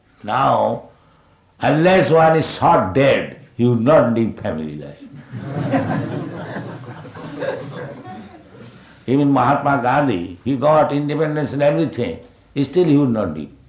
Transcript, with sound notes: Now, unless one is shot dead, he would not leave family life. [laughter] Even Mahatma Gandhi, he got independence and everything; still he would not leave.